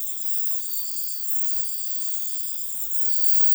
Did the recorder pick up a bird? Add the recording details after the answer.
no. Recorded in dense forest near Puerto Asís, Putumayo, Colombia, on 19 February 2024 at 01:30. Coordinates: 0.505, -76.324. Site G6467